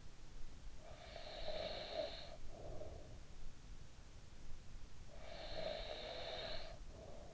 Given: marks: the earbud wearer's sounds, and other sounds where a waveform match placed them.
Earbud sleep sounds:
sounds in sleep by an in-ear microphone; breath
0.77-3.43 s: breath
4.88-7.34 s: breath

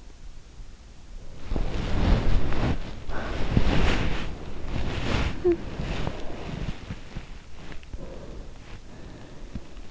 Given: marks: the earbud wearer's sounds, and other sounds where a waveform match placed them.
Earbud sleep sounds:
sounds in sleep by an in-ear microphone; body movement, talking in sleep, breath
1.32-9.71 s: body movement
5.29-5.69 s: talking in sleep
7.88-9.91 s: breath

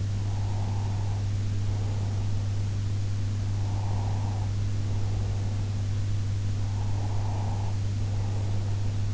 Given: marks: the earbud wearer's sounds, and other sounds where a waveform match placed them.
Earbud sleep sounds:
sounds in sleep by an in-ear microphone; breath
0.28-2.54 s: breath
3.49-5.94 s: breath
6.83-9.14 s: breath

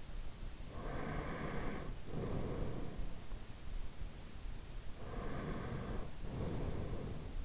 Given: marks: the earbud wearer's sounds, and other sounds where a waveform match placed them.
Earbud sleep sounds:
sounds in sleep by an in-ear microphone; breath
0.66-3.04 s: breath
4.87-7.44 s: breath

